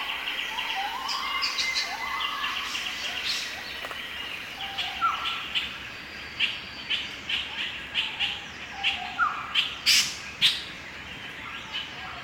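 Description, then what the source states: Gibbon song: clear whooping notes repeated many times, with bird chirps in the background. Recorded in forest.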